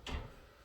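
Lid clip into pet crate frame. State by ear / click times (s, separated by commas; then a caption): seated / 0.1 s. A plastic clip on the lid of a FLARUZIY 24 inch pet crate is pushed into its slot on the frame and snaps into place with a sharp click at 0.1 s. The click has a bright, short attack with a low thud beneath it, then fades quickly, and the lid clip is seated.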